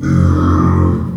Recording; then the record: squeal of a Yucatan mini pig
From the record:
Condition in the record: after surgery on the right vocal fold (resection and tissue-engineered implant); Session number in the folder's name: 12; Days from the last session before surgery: 105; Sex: female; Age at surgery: 19 weeks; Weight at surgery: 25 kg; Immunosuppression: prednisolone